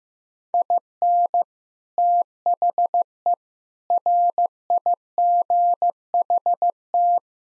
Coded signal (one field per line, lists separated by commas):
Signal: Morse code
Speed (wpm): 16 wpm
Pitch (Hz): 700 Hz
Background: none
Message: IN THE RIGHT